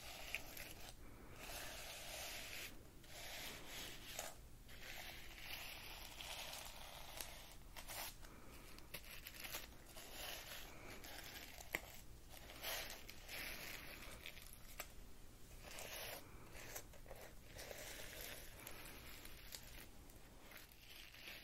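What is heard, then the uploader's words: Layered hand movements make a dense, steady rubbing and scratching hiss, broken by brief pauses and one sharp tap near twelve seconds. ASMR Pulling Your Stress Away (layered sounds & hand movements).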